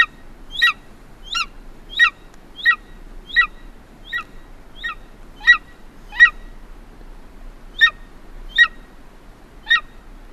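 Golden eagle calling in a long, slightly irregular run of short, high yelps, about one every three-quarters of a second, over low steady background noise.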